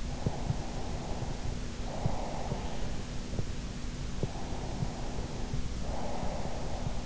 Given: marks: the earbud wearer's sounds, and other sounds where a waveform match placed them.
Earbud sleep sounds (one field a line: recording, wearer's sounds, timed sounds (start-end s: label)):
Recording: sounds in sleep by an in-ear microphone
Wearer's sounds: breath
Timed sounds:
0.44-2.92 s: breath
4.38-7.06 s: breath